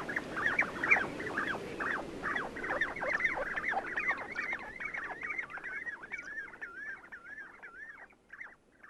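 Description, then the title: Common Ringed Plover calls, busy overlapping piping notes that settle into a steadier rolling rhythm of looping notes before fading out. "Tylli"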